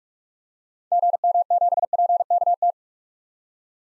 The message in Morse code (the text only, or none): GM7PKT